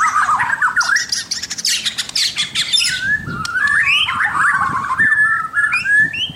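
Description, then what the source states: White-rumped shama song opening with harsh buzzy notes, then smooth rising and falling whistled phrases. Local name murai batu; labelled mahkota.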